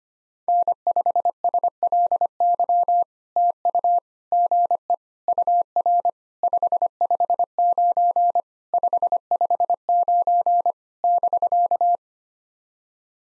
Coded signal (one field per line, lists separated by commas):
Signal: Morse code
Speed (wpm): 25 wpm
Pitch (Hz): 700 Hz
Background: none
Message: N5SLY TU GE UR 559 559 <BK>